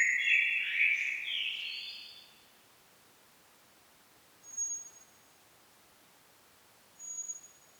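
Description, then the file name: Common blackbird singing a rich warbled phrase that fades after about two seconds, followed by quiet and two short very high thin tones. "Turdus merula"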